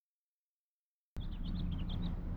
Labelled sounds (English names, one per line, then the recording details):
House Finch song
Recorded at Oceanside on Long Island, New York, on 17 June 1975
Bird A